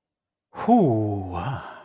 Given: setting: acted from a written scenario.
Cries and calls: vocal sound without words; desire

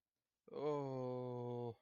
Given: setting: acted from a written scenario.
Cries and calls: vocal sound without words; distress

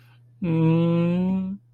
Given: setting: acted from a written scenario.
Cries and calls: vocal sound without words; romantic love

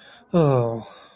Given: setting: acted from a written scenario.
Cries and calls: vocal sound without words; embarrassment

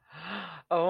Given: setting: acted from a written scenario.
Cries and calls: vocal sound without words; positive surprise

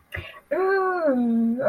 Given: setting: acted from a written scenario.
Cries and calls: vocal sound without words; desire

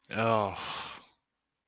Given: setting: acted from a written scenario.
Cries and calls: vocal sound without words; relief

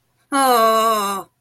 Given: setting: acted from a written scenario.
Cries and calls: vocal sound without words; distress

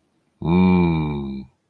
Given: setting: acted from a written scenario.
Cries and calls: vocal sound without words; desire

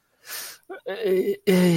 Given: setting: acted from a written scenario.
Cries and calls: vocal sound without words; shame

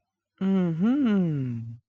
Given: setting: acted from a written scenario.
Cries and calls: vocal sound without words; pride

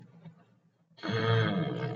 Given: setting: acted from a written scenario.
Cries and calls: vocal sound without words; ecstasy

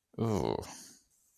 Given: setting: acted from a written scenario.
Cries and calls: vocal sound without words; disgust

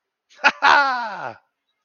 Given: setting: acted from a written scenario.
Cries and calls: vocal sound without words; triumph

